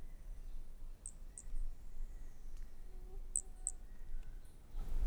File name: MHNCI Brachy sp ind 5 soh final Corcovado 18 dez 2017 MRB